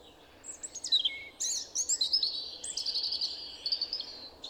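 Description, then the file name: European robin song, thin high whistles and fast trills over steady background noise. "Erithacus rubecula"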